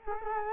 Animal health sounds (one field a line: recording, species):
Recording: mosquito wingbeat signal from an infrared sensor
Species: Culex quinquefasciatus